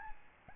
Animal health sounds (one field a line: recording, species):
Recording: mosquito wingbeat signal from an infrared sensor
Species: Aedes albopictus